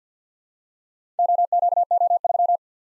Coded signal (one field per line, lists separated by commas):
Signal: Morse code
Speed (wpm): 52 wpm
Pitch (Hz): 700 Hz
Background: none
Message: OQO3